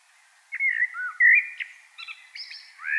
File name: Turdus merula